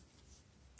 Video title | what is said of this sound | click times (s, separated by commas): Chuck's Reviews Transformers Cyberverse One Step Jazz | slide this rear spoiler back down until it snaps into place | 0.8 s